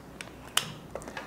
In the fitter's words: and turn them clockwise turn the lens why's this time until it clicks there